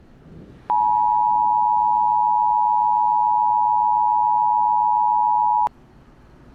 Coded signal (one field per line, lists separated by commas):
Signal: Emergency Alert System (SAME) tones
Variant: 853 and 960 Hz attention tone